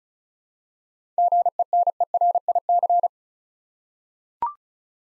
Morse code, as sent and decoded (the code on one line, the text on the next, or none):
--. . -. . .-. .. -.-.
GENERIC